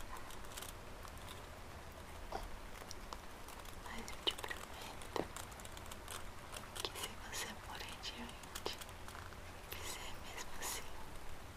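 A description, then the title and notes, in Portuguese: Hair is combed slowly, with soft bristly strokes and light crackles arriving irregularly, a few each second. Underneath, rain keeps up a steady, even hiss, with a faint low rumble. Penteando seu cabelo devagarinho e sons de chuva.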